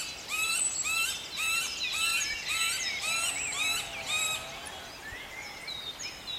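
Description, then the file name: Northern goshawk young giving a series of harmonic, slightly rising calls, repeated roughly twice a second, then fading into softer thinner notes near the end. Young hawk recorded in Hukvaldy Park in 2017. "Mladý jestřáb Park Hukvaldy 2017"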